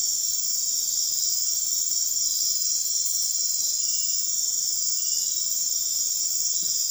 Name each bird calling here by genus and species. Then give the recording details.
none. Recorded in dense forest near Puerto Asís, Putumayo, Colombia, on 20 February 2024 at 04:00. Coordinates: 0.499, -76.324. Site G6469